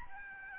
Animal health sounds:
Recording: mosquito wingbeat signal from an infrared sensor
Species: Aedes albopictus

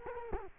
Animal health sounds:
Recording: mosquito wingbeat signal from an infrared sensor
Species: Culex quinquefasciatus

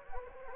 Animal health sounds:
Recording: mosquito wingbeat signal from an infrared sensor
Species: Anopheles gambiae

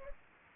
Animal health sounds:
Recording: mosquito wingbeat signal from an infrared sensor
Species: Anopheles arabiensis

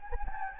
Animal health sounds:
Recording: mosquito wingbeat signal from an infrared sensor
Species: Anopheles gambiae

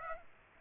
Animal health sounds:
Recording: mosquito wingbeat signal from an infrared sensor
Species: Aedes aegypti

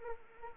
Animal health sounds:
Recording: mosquito wingbeat signal from an infrared sensor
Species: Anopheles arabiensis

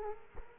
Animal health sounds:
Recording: mosquito wingbeat signal from an infrared sensor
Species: Culex quinquefasciatus

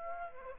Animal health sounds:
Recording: mosquito wingbeat signal from an infrared sensor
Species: Aedes aegypti

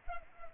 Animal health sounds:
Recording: mosquito wingbeat signal from an infrared sensor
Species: Culex pipiens

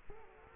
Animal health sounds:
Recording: mosquito wingbeat signal from an infrared sensor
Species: Culex quinquefasciatus

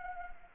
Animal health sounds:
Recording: mosquito wingbeat signal from an infrared sensor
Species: Anopheles gambiae

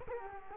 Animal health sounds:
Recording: mosquito wingbeat signal from an infrared sensor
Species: Culex quinquefasciatus

